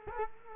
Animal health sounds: mosquito wingbeat signal from an infrared sensor; Culex quinquefasciatus

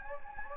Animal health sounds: mosquito wingbeat signal from an infrared sensor; Anopheles gambiae

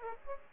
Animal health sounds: mosquito wingbeat signal from an infrared sensor; Aedes aegypti

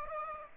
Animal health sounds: mosquito wingbeat signal from an infrared sensor; Aedes aegypti

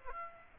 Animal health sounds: mosquito wingbeat signal from an infrared sensor; Aedes aegypti

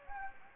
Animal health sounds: mosquito wingbeat signal from an infrared sensor; Anopheles gambiae

